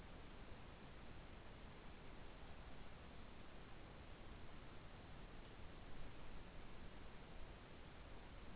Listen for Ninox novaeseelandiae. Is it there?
no